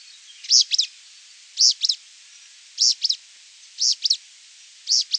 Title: LuckyPassaro Completos2Sama. Pale-breasted Spinetail (Synallaxis albescens)